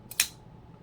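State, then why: Seated. A Hogue Ballista 1 push-button automatic folding knife is fired, with a faint click at about 0.1 s as the button releases. At 0.2 s the blade snaps open and locks into its handle with a sharp, loud thwack. The impact rings briefly in the highs before fading.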